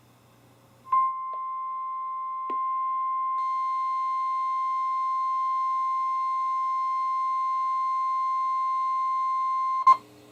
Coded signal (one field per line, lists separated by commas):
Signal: Emergency Alert System (SAME) tones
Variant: 1050 Hz attention tone